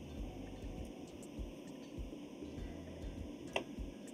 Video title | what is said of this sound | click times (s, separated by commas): Tretyakova Lab • LCMS Protocol | until it clicks | 3.6 s